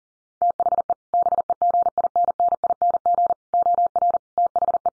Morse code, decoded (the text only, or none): THE BEGINNING OR THE